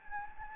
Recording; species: mosquito wingbeat signal from an infrared sensor; Anopheles gambiae